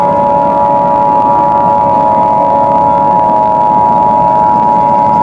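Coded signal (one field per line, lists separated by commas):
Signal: Emergency Alert System (SAME) tones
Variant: 853 and 960 Hz attention tone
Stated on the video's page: Fictional simulated EAS scenario about a technology corruption outbreak.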